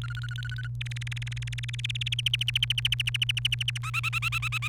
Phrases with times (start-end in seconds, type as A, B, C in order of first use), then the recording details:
0.02-0.67 A, 0.81-2.14 B, 2.19-3.78 C, 3.83-4.68 D. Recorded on 29 April 2018 at 13:00. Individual llb3